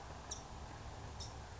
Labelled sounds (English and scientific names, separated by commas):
California Towhee (Melozone crissalis)